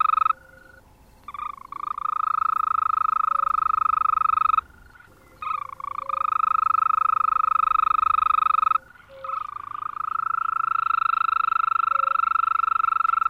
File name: Bufo viridis